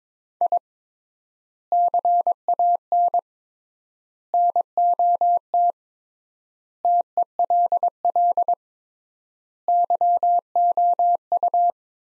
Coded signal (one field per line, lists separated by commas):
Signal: Morse code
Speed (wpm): 23 wpm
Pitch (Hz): 700 Hz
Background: none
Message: I CAN NOT TELL YOU